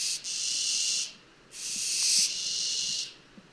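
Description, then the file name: Barn owl screeching twice: drawn-out, hissy, harsh calls, the second longer and stronger than the first. "Effraie des clochers"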